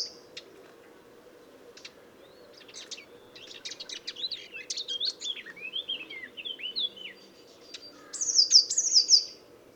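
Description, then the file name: Eurasian blue tit: varied chirping and twittering, then a high trill near the end. "Cyanistes caeruleus"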